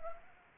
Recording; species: mosquito wingbeat signal from an infrared sensor; Anopheles arabiensis